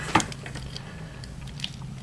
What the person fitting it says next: It snaps into place.